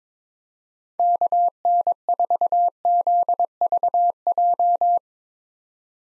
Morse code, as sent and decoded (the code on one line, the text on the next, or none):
-.- -. ....- --.. ...- .---
KN4ZVJ